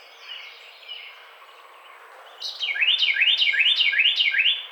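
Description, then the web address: Carolina wren song: faint thin whistles for two seconds, then five loud, rhythmic rolling phrases delivered quickly one after another. Recorded on 5 May 2009. "Carolina Wren 2009 05 05"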